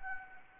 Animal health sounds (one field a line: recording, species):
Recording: mosquito wingbeat signal from an infrared sensor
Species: Anopheles gambiae